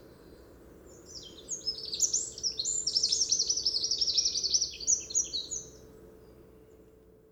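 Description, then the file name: Eurasian wren delivering one long, shrill song phrase of quick, sharp notes and a fast rattling trill, over faint low background hum. "Troglodytes troglodytes"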